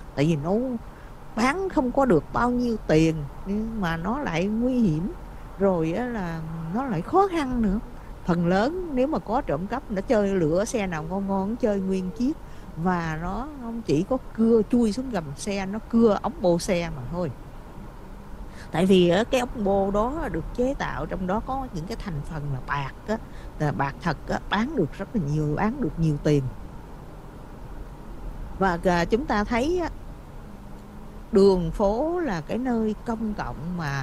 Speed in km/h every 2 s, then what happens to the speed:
53, 53, 53, 56, 55, 53, 50, 52, 52, 50, 52, 52, 50, 50, 50, 48, 45.
0-34 steady at about 52.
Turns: none.